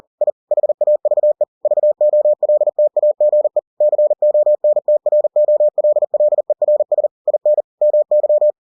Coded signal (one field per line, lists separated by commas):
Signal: Morse code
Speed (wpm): 40 wpm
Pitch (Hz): 600 Hz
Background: none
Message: I HAVE VOLTAGE CONTROLLERS IN MY